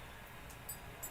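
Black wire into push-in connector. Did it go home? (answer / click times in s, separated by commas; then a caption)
no / none. A black wire is being joined to another black wire in a push-in connector. Short handling ticks rise out of a steady background hiss, the strongest near 0.7 s and another around 1.0 s. The clip ends before the wire goes home, and nothing has seated or clicked yet.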